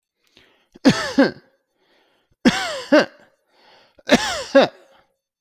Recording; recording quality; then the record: heavy voluntary cough; moderate, slight background noise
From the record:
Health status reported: healthy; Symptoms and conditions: asthma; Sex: male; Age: 41 years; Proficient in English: yes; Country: India